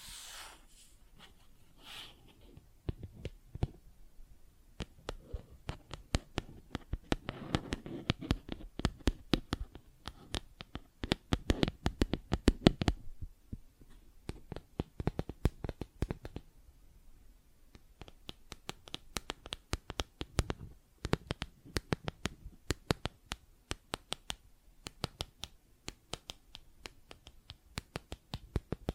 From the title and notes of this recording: ASMR Plastic Objects Tapping and Scratching (No Talking).